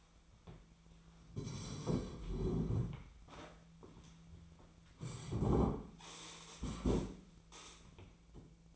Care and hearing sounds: daily activity, microphone in the room; sit down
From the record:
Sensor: 1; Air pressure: 1008.1 hPa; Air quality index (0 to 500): 192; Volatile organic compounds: 17 ppm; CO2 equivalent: 2595 ppm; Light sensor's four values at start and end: 12/30/12/13 and 13/33/13/15

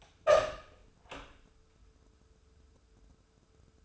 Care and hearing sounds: daily activity, microphone in the room; open door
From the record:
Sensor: 2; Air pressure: 1015.1 hPa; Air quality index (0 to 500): 168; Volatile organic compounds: 9 ppm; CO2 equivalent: 2182 ppm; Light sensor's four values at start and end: 14/36/14/16 and 14/36/14/16

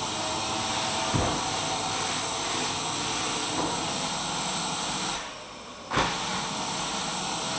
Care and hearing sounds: daily activity, microphone in the room; vacuum cleaning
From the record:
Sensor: 1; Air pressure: 994.4 hPa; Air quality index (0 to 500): 217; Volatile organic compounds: 1000 ppm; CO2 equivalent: 7749 ppm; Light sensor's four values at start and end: 52/115/51/54 and 52/115/51/55

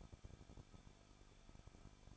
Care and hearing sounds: daily activity, microphone in the room; no activity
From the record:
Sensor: 5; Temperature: 20.8 degrees Celsius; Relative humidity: 38.2%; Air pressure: 1006.5 hPa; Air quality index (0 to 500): 187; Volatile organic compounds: 18 ppm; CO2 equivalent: 2620 ppm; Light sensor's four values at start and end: 2/3/1/1 and 2/3/1/1

